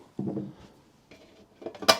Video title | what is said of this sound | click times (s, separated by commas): CUCV M1028 Project Part 7 - A Little Lovey For My Glovey! | pull that up you're gonna hear a click did you hear that | 1.9 s